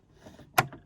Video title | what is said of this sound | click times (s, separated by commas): Singer M2015 Sewing Machine Threading | and you'll hear it click into place | 0.6 s